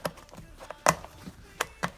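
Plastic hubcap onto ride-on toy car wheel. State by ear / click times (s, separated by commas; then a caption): not seated / none. A plastic hubcap with 3 tabs is lined up with the ridges of a wheel on a two-seat Mercedes Benz GLC ride-on toy car and pushed on by hand. Several short, sharp handling knocks and taps are heard at about 0.1, 0.7, 0.9, 1.6 and 1.8 seconds over quiet background. Nothing has snapped or seated yet.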